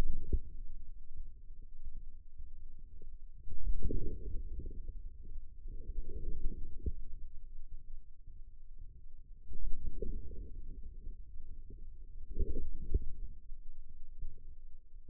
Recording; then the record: forearm muscle sounds (acoustic myography)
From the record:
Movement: inward rotation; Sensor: system 2, bracelet of six BSWA MPA416 microphones around the upper forearm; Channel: 3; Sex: male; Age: 22 years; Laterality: right